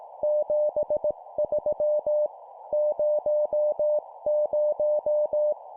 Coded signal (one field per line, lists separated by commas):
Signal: Morse code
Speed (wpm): 18 wpm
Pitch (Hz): 600 Hz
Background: none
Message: 73 00